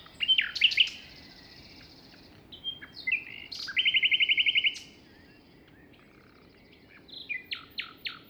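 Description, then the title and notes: Common nightingale song with a rich whistled opening, then a long rapid metallic trill, a pause and a few loud staccato notes, with wind noise beneath. Wild common nightingale singing beside a path, Plateau de Lesches-en-Diois, France, 21 May 2019 at 5:05 am; windy, the wind easing later; recorded in stereo on a Nagra Seven with MKH40 microphones. "Plateau de Lesches en diois. un rossignol en bord de chemin"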